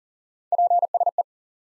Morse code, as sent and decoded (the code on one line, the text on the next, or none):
.--. ... .
PSE